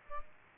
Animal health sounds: mosquito wingbeat signal from an infrared sensor; Aedes aegypti

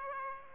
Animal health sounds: mosquito wingbeat signal from an infrared sensor; Aedes aegypti

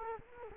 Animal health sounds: mosquito wingbeat signal from an infrared sensor; Culex quinquefasciatus

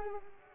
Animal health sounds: mosquito wingbeat signal from an infrared sensor; Culex pipiens

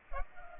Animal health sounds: mosquito wingbeat signal from an infrared sensor; Culex pipiens

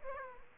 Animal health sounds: mosquito wingbeat signal from an infrared sensor; Aedes aegypti

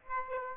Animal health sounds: mosquito wingbeat signal from an infrared sensor; Aedes aegypti

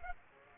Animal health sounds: mosquito wingbeat signal from an infrared sensor; Aedes aegypti

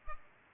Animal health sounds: mosquito wingbeat signal from an infrared sensor; Culex pipiens

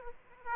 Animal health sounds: mosquito wingbeat signal from an infrared sensor; Aedes aegypti

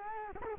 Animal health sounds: mosquito wingbeat signal from an infrared sensor; Culex quinquefasciatus

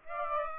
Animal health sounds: mosquito wingbeat signal from an infrared sensor; Aedes aegypti

